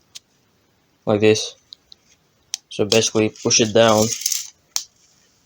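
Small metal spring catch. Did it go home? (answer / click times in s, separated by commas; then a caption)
yes / 4.8 s. The spring follower in the BB magazine of an Umarex H&K MP5 PDW .177 (4.5 mm) CO2 airgun is pushed down until it locks into place at a pin. Someone talks while a few small ticks are heard, then one sharp click at 4.8 s as the follower locks down.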